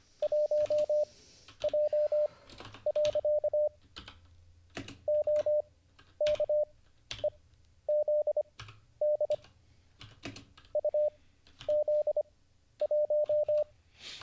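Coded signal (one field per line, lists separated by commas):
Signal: Morse code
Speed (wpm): 25 wpm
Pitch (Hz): 600 Hz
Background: none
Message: 1J. OKEZD UZ1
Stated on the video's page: Livestreamed Morse code learning lesson, day 38.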